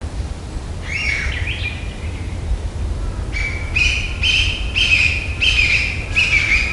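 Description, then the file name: Chinese bamboo partridge call: a short note, then a pause before a run of regularly spaced ringing notes, with low rumble underneath. "kojukei"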